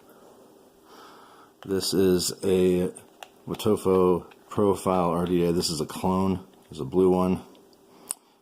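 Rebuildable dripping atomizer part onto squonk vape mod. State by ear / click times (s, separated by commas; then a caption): seated / 8.1 s. Someone talks while a part of a clone Profile rebuildable dripping atomizer (RDA) is pushed onto a Dovpo & TVC Topside squonk vape mod. After the talking stops, a single sharp snap at 8.1 s marks the part popping on and seating.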